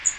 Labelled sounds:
Magnolia Warbler (Setophaga magnolia) flight call

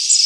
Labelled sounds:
Blackburnian Warbler (Setophaga fusca) flight call

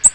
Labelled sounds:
Black-throated Green Warbler (Setophaga virens) flight call

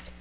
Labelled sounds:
Magnolia Warbler (Setophaga magnolia) flight call

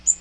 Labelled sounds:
Magnolia Warbler (Setophaga magnolia) flight call

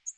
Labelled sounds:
Northern Waterthrush (Parkesia noveboracensis) flight call

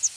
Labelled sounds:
Palm Warbler (Setophaga palmarum) flight call

